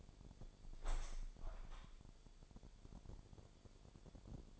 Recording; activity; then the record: daily activity, microphone in the room; open window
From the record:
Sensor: 5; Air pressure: 1006.5 hPa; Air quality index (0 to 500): 186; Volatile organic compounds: 5 ppm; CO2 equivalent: 1764 ppm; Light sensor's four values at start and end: 57/161/63/63 and 57/161/63/64